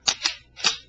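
A pistol magazine is seated home into the grip's magazine well of a semi-automatic pistol with a sharp impact at 0.1 s, done because a misfeed is usually caused by a magazine not seated all the way. Two more sharp bursts follow at 0.3 s and 0.7 s as the slide is racked, leaving the pistol good to go.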